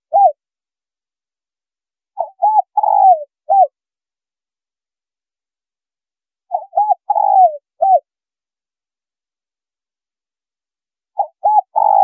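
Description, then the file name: Spotted dove cooing in a steady series: two full phrases of short notes, a long coo and a clipped hoot, spaced several seconds apart, with a third phrase starting at the end. Female bird. "Tieng cu gay mai"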